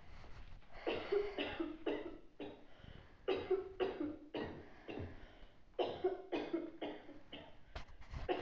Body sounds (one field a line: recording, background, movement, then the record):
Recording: deep breathing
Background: a bystander coughing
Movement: sitting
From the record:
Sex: female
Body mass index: 22.6 kg/m2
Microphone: on the chest, facing outward